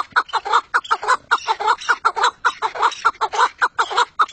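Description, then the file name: Partridge uttering quick, gravelly clucks in a continuous rhythmic chatter, each note short and harsh. "perdiz"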